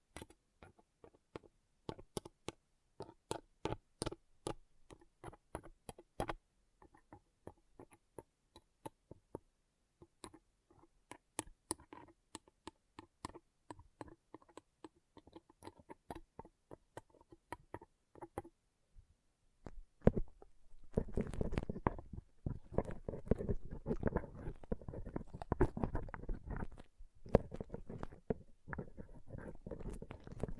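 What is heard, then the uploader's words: Pom pom tingles: sparse, sharp taps and clicks for about twenty seconds, then a dense, continuous rustling and scratching fills the rest. ASMR Ultimate Pom Pom Tingles (No Talking).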